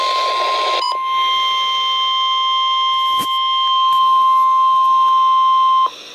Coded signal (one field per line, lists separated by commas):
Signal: Emergency Alert System (SAME) tones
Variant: 1050 Hz attention tone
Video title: NOAA Weather Radio - EAS #113: Flood Warning (2/29/2012)